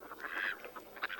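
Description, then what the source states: Mallard quacking, a brief run of nasal, harmonic quacks, the final notes sharper and louder, with no other clear sounds. Recorded for use with an electronic decoy caller.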